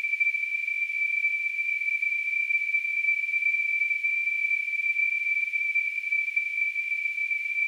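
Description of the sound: Simulated tinnitus: a steady, continuous high-pitched tone near 2.4 kHz with a faint surrounding hiss, unchanging throughout.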